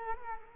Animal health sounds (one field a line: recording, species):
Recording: mosquito wingbeat signal from an infrared sensor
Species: Culex quinquefasciatus